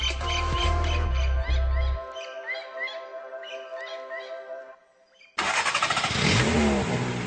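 A low engine rumble turns over and settles, then harmonic whines rise and fall before a sudden loud roar of revving cuts in, with no voices.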